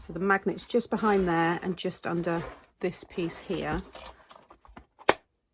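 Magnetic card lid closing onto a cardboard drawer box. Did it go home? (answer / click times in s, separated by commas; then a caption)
yes / 5.1 s. Someone talks while closing the card flip lid of a handmade 4-drawer cardboard flip lid box, where a hidden magnet behind and just under a piece of the lid pulls it shut. A few small taps follow the speech, then the lid snaps shut with one sharp click at 5.1 s, seated by the magnet.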